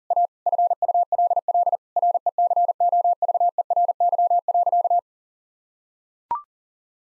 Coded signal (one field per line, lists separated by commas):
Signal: Morse code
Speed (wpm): 40 wpm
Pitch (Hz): 700 Hz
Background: none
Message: A FULL RECOVERY.